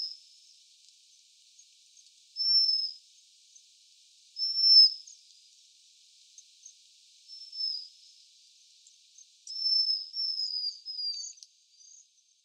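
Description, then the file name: Japanese waxwing calls, thin high sibilant notes spaced a couple of seconds apart, then a quicker run of several calls near the end. Voice, Kuroda, Tottori, 11 December 2013. "hirenjaku tottori kuroda"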